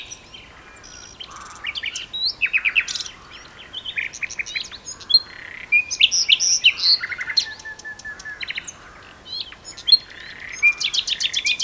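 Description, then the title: Common nightingale song: varied phrases of sharp chirps, whistled notes and fast rattling trills, delivered almost continuously with brief gaps. Two nightingales singing a duet on heathland at Westleton Heath. "sanderson. nightingale duet on westleton heath"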